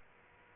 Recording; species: mosquito wingbeat signal from an infrared sensor; Aedes aegypti